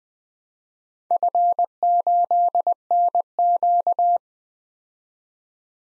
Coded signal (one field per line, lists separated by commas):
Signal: Morse code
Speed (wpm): 20 wpm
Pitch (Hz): 700 Hz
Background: none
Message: F8NQ